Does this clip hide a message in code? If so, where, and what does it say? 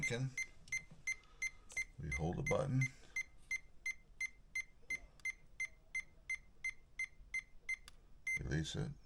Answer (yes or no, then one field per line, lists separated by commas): no